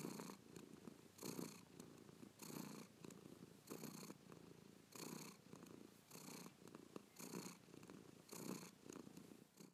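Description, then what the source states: Cat purring steadily, each rumbling breath swelling and fading in turn. Norwegian cat.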